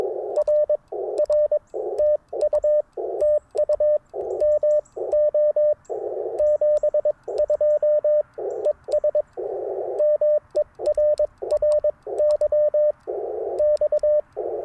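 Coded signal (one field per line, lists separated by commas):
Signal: Morse code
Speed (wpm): 22 wpm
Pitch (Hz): 600 Hz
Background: radio noise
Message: R R TU TU MO 72 ES MERRY X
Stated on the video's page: QRP CW Parks on the Air activation, Icom IC-705 with random wire antenna and tuner, sent with paddles.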